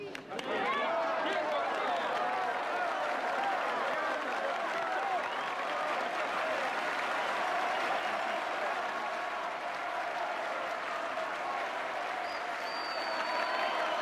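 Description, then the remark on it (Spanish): Sustained audience applause at a tango club, a dense, steady wash of clapping hands that stays loud throughout with a crowd murmuring underneath. “Fuertes aplausos para el doctor del tango.”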